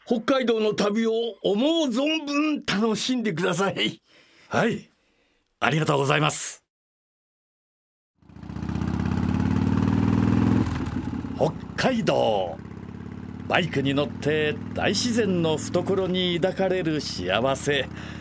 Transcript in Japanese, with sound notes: 北海道の旅を思う存分楽しんで下さい。
はい、ありがとうございます。… （バイクサウンド） （バイクの疾走音を背景にひとりごと） 北海道！バイクに乗って大自然の懐に抱かれる幸せ！…